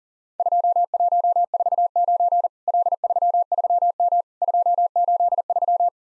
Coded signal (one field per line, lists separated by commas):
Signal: Morse code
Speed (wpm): 39 wpm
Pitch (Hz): 700 Hz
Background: none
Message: 2149 L33M 283